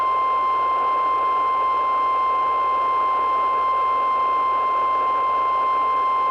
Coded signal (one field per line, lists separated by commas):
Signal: Emergency Alert System (SAME) tones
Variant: 1050 Hz attention tone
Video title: [EAS RECREATIONAL] law enforcement warnings in this economy are like a gem rn